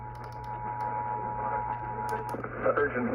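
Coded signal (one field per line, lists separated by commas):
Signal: Emergency Alert System (SAME) tones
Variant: 853 and 960 Hz attention tone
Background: speech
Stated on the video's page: NOAA Weather Radio tornado warning relayed by an AM station on 1350 kHz, received about 404 miles away on a Sangean HDR-15 radio.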